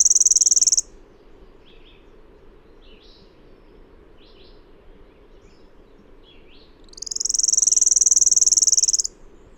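Bird song with two high, rapid, buzzy trills about six seconds apart, with a few soft, faint chirping notes in the quiet between them.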